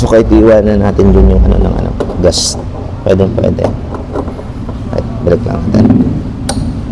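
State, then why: Seated. A SYM Tuscany 150 EFi scooter's seat is put back down and closed onto its seat lock latch while someone talks. A single sharp thud-click at 6.5 s marks the latch engaging, and the seat locks automatically on closing.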